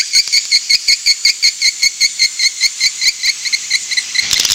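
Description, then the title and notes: Swiftlet calls: a steady run of clear, high, ringing chirps, ending with a burst of scratchy twittering. Swiftlet sound used for swiftlet farming in Asia. "Swiflet Bird Sound. Farming Swiflet Bird asia sound"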